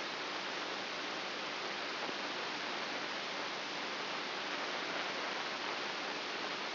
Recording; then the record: brain microelectrode recording played as sound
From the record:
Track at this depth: inside the subthalamic nucleus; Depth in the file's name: 5.24 mm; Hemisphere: right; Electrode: 2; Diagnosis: Parkinson's disease